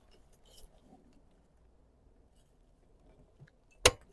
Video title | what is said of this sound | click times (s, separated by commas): Peugeot 3008 Not Starting Fixed! - Battery Charge Faulty - Sanumotorswithcharlie | Right. You heard click sound. | 3.9 s